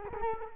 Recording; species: mosquito wingbeat signal from an infrared sensor; Culex quinquefasciatus